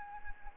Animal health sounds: mosquito wingbeat signal from an infrared sensor; Anopheles arabiensis

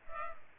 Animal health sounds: mosquito wingbeat signal from an infrared sensor; Culex pipiens

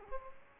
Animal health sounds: mosquito wingbeat signal from an infrared sensor; Aedes aegypti

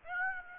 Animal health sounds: mosquito wingbeat signal from an infrared sensor; Aedes aegypti

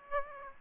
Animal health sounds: mosquito wingbeat signal from an infrared sensor; Aedes aegypti

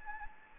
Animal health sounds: mosquito wingbeat signal from an infrared sensor; Anopheles gambiae

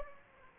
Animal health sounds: mosquito wingbeat signal from an infrared sensor; Aedes aegypti

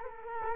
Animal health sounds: mosquito wingbeat signal from an infrared sensor; Culex quinquefasciatus

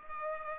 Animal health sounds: mosquito wingbeat signal from an infrared sensor; Culex pipiens

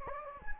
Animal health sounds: mosquito wingbeat signal from an infrared sensor; Anopheles gambiae

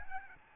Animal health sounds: mosquito wingbeat signal from an infrared sensor; Aedes albopictus

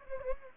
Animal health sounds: mosquito wingbeat signal from an infrared sensor; Anopheles gambiae

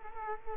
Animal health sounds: mosquito wingbeat signal from an infrared sensor; Culex quinquefasciatus

